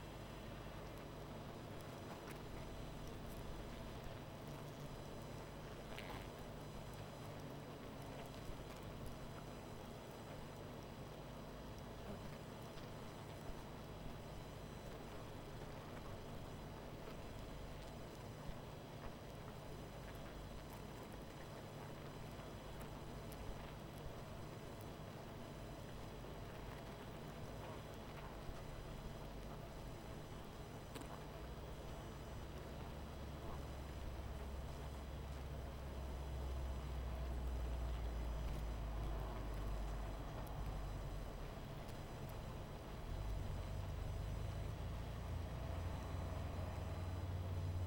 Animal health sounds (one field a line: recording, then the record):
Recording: honeybee colony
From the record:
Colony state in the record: missing queen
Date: 14 July 2017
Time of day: 20:31